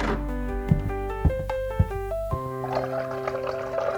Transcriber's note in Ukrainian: ЗВУК: двері відчиняються, кроки в домі; ЗВУК: чайник закипає